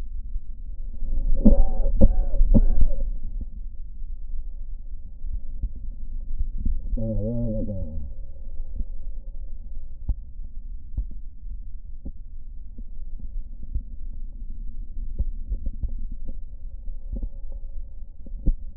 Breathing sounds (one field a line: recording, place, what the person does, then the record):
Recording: lung sounds by stethoscope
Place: right posterior basal chest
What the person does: quiet breathing, then cough and speech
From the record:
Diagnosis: COPD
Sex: male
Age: 60 years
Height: 171 cm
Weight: 59.4 kg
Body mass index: 20.3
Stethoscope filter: diaphragm mode